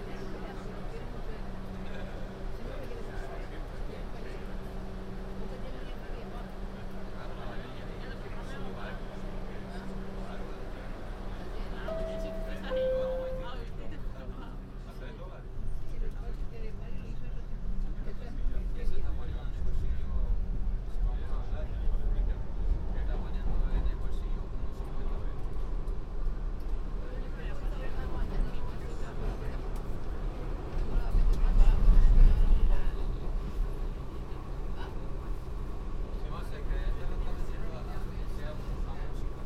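A ride on the downtown local 1 train, with a steady low rumble and hum under faint, indistinct talk. A brief high tone sounds near the twelfth second, then the rumble grows louder from about fifteen seconds, swelling to a heavy surge around thirty-two seconds.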